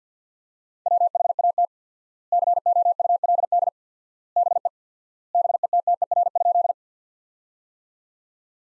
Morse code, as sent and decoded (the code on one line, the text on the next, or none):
.-- .... .- - / -.-. --- ..- .-.. -.. / -... . / -... . - - . .-. ..--..
WHAT COULD BE BETTER?